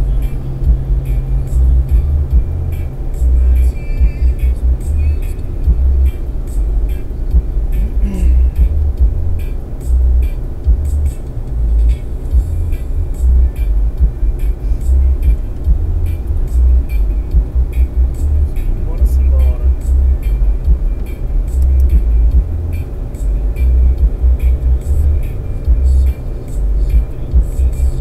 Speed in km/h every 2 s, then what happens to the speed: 118, 116, 114, 113, 112, 111, 110, 111, 112, 114, 116, 117, 118, 119.
0-14 steady at about 112. 14-28 speeds up to 119.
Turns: none.